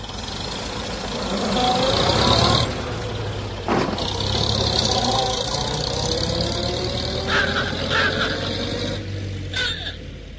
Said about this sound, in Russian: Руссобалт свернул с Садового кольца на площадь Павелецкого вокзала. Едва автомобиль остановился